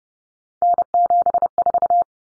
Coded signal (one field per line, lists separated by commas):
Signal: Morse code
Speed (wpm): 30 wpm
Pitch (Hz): 700 Hz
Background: none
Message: N74